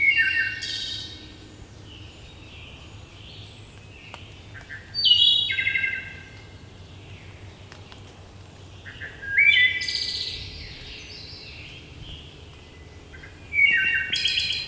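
Wood thrush singing varied fluty phrases roughly every four seconds, each opening with clear whistled notes and closing in a shimmering high trill, against low steady ambient noise.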